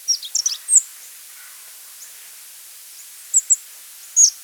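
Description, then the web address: Rock bunting song of very high, thin, slurred notes: a quick cluster at the start, a pair near three and a half seconds, then a final sharp note, with faint hiss. "Rock Bunting Song, Pak"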